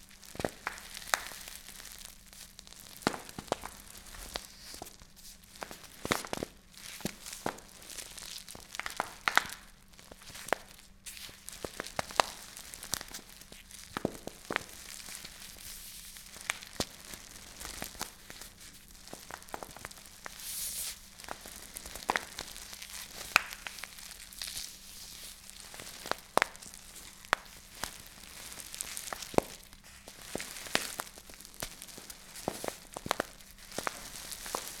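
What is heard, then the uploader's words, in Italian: Bags, packets and paper crinkle in irregular bursts of bright crackles and rustles, over a faint steady low hum. Ti faccio ascoltare i crinkle sounds. I suoni delle buste, dei pacchetti, della carta.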